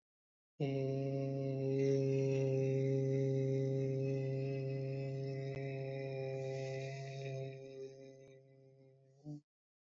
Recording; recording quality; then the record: sustained vowel as in made; excellent, no background noise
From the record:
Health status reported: COVID-19 positive, no symptoms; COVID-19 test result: positive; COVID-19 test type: RT-PCR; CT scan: not taken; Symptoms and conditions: sore throat, fatigue, loss of smell and taste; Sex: male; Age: 27 years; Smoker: no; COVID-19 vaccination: both doses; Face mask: not worn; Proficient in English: yes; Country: India